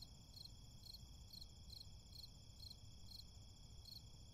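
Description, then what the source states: Crickets giving repeated high chirps roughly twice a second over a constant droning tone and a low rumbling background. Crickets recorded in a city.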